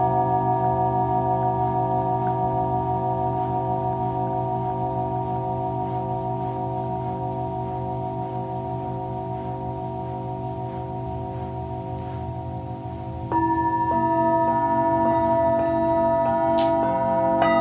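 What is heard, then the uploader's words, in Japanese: Singing bowls ring in long, steady, overlapping tones with a slow wavering pulse, and a new bowl is struck brightly near thirteen seconds. シンギングボウルのサウンドヒーリング。チベタンシンギングボウル。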